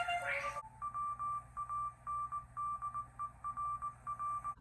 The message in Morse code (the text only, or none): I WANDERR